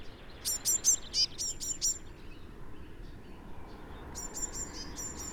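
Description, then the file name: Eurasian blue tit giving two rapid runs of very high, piercing notes with lower trailing buzzy elements, separated by a pause of roughly two seconds; steady low hiss underneath. "Cyanistes caeruleus"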